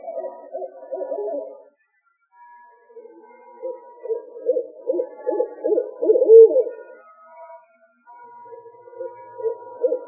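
Owl calling in low, rapid hoot series broken by brief gaps, with three separate bursts and a louder middle stretch, plus a faint thin background tone.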